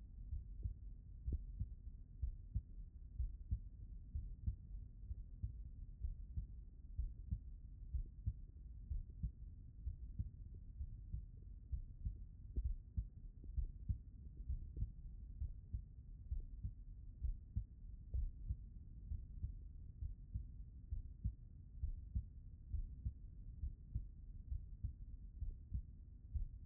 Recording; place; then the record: heart sounds by stethoscope; pulmonary valve (PV)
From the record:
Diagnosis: non-HFrEF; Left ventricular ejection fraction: 64%